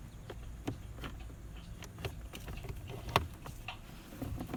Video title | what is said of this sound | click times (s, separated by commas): 2011 - 2017 Change Honda Odyssey cabin air filter | Put the housing back in place. Make sure the clips have snapped in place. | 3.2 s